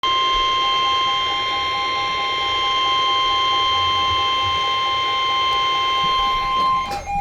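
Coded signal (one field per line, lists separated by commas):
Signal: Emergency Alert System (SAME) tones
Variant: 1050 Hz attention tone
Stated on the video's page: Severe thunderstorm warning on NOAA weather radio stations WXK85 and WXL48, recorded with a camera and shotgun microphone.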